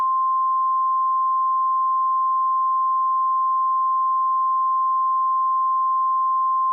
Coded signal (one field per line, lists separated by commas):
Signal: Emergency Alert System (SAME) tones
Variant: 853 and 960 Hz attention tone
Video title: EAS TONES! 🇺🇸 NATIONAL PERIODIC TEST (NPT) – Full System Alert! (Nationwide)